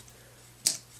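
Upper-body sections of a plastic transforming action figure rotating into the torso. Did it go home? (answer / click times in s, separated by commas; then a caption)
yes / 0.7 s. The upper-body sections of a plastic Transformers Dark of the Moon Voyager Shockwave figure are rotated into the torso until they lock into place. Against a quiet background, a single sharp click sounds at 0.7 s, and the sections are seated.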